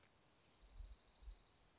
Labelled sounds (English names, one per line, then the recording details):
Dark-eyed Junco
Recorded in Sonoma County, California